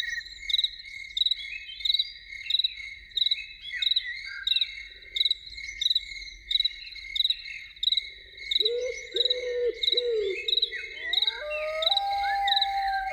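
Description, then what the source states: Loon gives a low quavering call that then climbs into a rising wail near the end, with regular insect chirps pulsing throughout. Loons heard in the evening.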